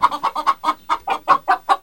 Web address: chickens